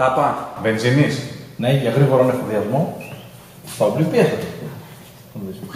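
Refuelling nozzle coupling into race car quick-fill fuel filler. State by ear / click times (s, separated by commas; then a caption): not seated / none. A man talks about the quick-refuelling fuel filler on an Audi R8 LMS race car, where a refuelling nozzle coupling is about to be fitted and latched. Only speech and quiet handling are heard. Nothing has seated or clicked yet.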